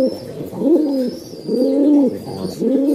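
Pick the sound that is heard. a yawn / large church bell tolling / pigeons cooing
pigeons cooing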